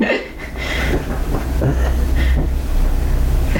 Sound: laughs

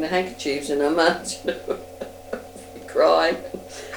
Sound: laughs

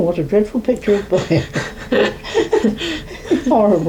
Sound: laughs

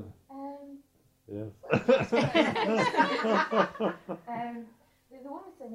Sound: laughs

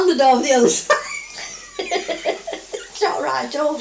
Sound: laughs

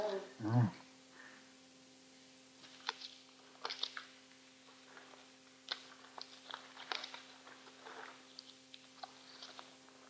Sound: rustling 15 seconds

